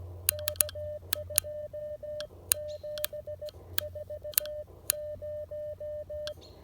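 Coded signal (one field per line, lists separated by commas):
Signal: Morse code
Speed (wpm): 15 wpm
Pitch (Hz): 600 Hz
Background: none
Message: K2740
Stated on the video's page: Portable CW from a POTA park activation using a Mission RGO One transceiver and a Chameleon Emcomm III portable antenna.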